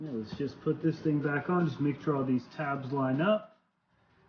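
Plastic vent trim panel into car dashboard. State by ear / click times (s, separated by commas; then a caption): not seated / none. Someone talks while holding the plastic dash vent trim panel with the IBR AccessPort gauge mount of a 2022 WRX, getting ready to push it back onto the car dashboard and lining up its tabs. The talk stops around 3.5 s, followed by near silence. Nothing has seated or clicked yet.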